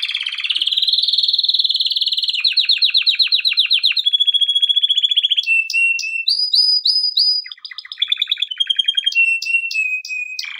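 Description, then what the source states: Canary singing a long run of tours: rolling high trills, pulsed buzzy phrases and clear whistled notes, changing pattern every second or two without pause. Canary song recorded for training canaries.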